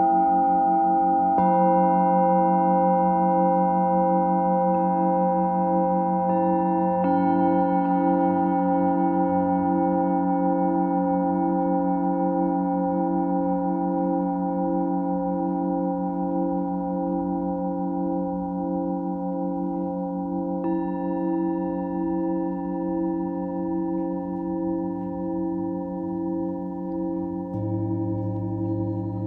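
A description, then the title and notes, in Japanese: Tibetan singing bowls ring in long, steady overlapping tones that hum and slowly pulse without fading. New strikes add fresh layers at about 1, 7, 20 and 27 seconds, and a soft low rumble runs beneath the whole time. チベットのシンギングボウルの音。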